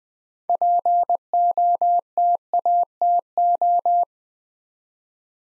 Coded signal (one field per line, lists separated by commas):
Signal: Morse code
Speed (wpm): 20 wpm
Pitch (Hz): 700 Hz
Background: none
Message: POTATO